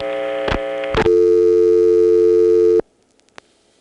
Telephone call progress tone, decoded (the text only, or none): dial tone